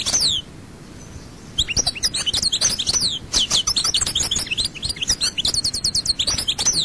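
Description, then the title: European goldfinch song, a rapid jumble of bright tinkling twitters and buzzy trills in long bursts, broken by a short pause near the start. "Chant Chardonneret"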